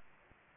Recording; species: mosquito wingbeat signal from an infrared sensor; Aedes aegypti